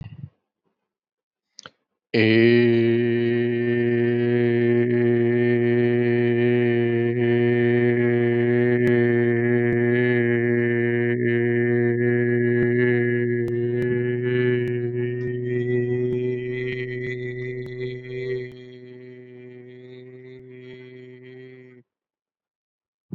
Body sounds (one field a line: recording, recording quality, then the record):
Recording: sustained vowel as in made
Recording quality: excellent, no background noise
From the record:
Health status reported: COVID-19 positive, mild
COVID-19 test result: positive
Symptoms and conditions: cold, fatigue, loss of smell and taste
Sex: male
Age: 34 years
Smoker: yes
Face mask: not worn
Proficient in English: yes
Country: India